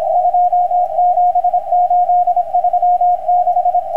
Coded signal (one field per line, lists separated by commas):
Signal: Morse code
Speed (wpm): 26 wpm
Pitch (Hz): 710 Hz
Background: radio noise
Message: 27836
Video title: Numbers station M12 (somewhere in Russia) complete message - 9241 kHz (ICW)